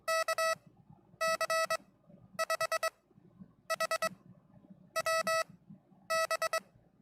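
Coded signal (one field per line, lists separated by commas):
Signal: Morse code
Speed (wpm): 22 wpm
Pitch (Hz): 1300 Hz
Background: none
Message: KC5HWB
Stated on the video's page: Livestreamed CW practice between amateur operators, one still learning Morse.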